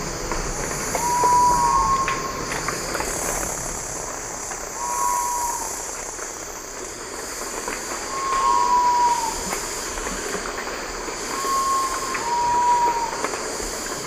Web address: Natures Songs S America Eastern Lowlands Geotrygon saphirina, songs 2 birds